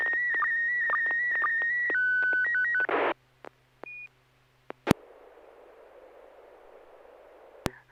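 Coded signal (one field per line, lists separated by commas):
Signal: SSTV (slow-scan television)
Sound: three seconds of a warbling high tone with low blips and steps, then hiss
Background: FM radio hiss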